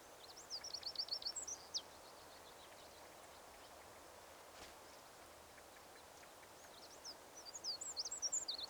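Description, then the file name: Eurasian wren giving rapid bursts of very high, thin ticking notes, one burst early and another near the end, over a steady soft background hiss. "Troglodytes troglodytes"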